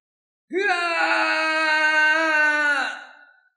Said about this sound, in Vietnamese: Quỷ Lệ hét lên một tiếng đau đớn, xé nát tâm phế